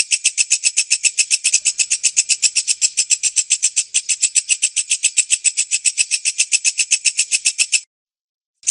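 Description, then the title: Bird song made of rapid, evenly spaced high notes at about four per second, stopping near the end before one more note starts. Masteran sound, used to train songbirds. "Suara masteran Burung"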